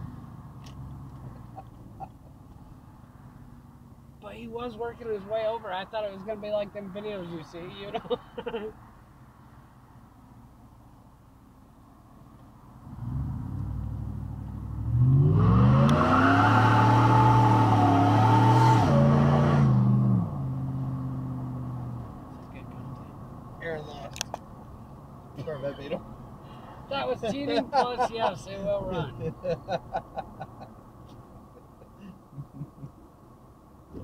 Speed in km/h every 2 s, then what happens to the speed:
16, 13, 13, 11, 6, 2, 8, 21, 52, 76, 74, 64, 58, 56, 55, 47, 42.
0-11 slows to 2. 11-18 pulls away to 76. 18-34 slows to 42.